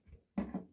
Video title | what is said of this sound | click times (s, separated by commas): IC-620T and IC-820T: Enhanced Single Point Loudspeakers | That's 1 dog ear locked back out of place. Number 2, | 0.4 s